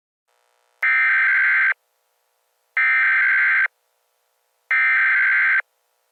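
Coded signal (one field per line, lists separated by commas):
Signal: Emergency Alert System (SAME) tones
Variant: header bursts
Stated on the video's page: Fictional alert tones ending an EAS scenario.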